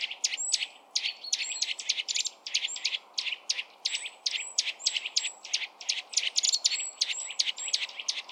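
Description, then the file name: Eurasian nuthatch giving rapid repeated hard call notes, with high thin whistled notes woven through; soft background hiss throughout. "Sitta europaea"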